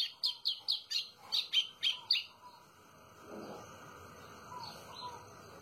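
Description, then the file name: White-throated seedeater song: a short run of high, clipped chirps, repeated quickly, then quiet with only faint chirps. "canto do golinho"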